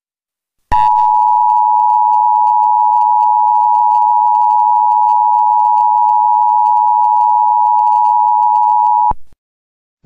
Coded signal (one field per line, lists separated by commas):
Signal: Emergency Alert System (SAME) tones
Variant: 853 and 960 Hz attention tone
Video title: EAS Scenario #1: Bishops Of The Old Faith